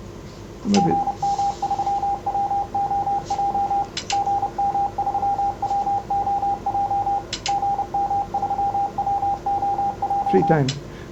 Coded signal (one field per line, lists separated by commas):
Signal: Morse code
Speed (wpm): 31 wpm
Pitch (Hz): 800 Hz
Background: speech, radio noise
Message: GM3WOJ GM3WOJ GM3WOJ